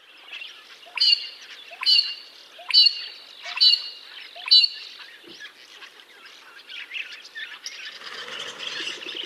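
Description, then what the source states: Magpie-lark calling: five sharp, high notes about one second apart, then scratchy chatter toward the end. Also called Mudlark; black and white, much smaller than the Pied Currawong; seen in backyards.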